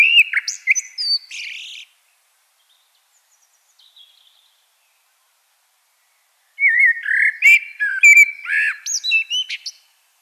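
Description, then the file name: Common blackbird song: a short fluted phrase with a scratchy ending, then a longer, busier phrase of whistles and high chirps after a silent gap. "Turdus merula"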